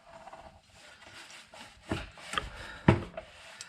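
A steel ZL1 torque converter for a 2014 Chevy SS is pushed and rotated onto the input shaft of a 6L80E automatic transmission, making low scraping and rubbing sounds. A sharp metallic click at 2.9 s is the first of the two clicks it needs, so the converter is only partly engaged and not yet fully home.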